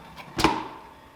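The lid of a Dometic CFX3 45L portable compressor fridge/freezer, powered by a Goal Zero Yeti 400, is closed onto the body, giving a single dull thud at 0.4 s that fades over the next half second. The lid shuts without latching, so nothing has clicked yet; it has to be pressed down hard to get the click.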